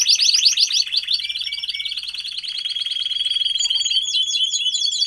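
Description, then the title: Domestic canary song, fast repeated notes leading into a long buzzy roll, then a burst of quick upslurred chirps at the end. Male canary singing a lot, in a 30-minute canary training recording meant to warm up young birds and Belgian canaries. "Canary Training Esquente Seu Filhote E Canario Belga Em 30 Minutos Macho Cantando Muito"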